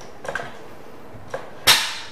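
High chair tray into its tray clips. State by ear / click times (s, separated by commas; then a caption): seated / 0.4 s. A Special Tomato Height Right chair's high chair tray is pushed into its two tray clips and clicks in at the first depth position, about 0.4 s, beside a softer tick just before it. Another short click follows at about 1.3 s, and a louder, hissing broadband burst starts near 1.7 s and fades out. The tray is seated at the first level of depth adjustment.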